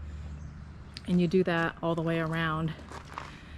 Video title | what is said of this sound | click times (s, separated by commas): Ozark Trail 10 Person LED Instant Cabin Tent. Solo Setup. | you just separate these two poles until this snaps in place you'll hear it click | 1.0 s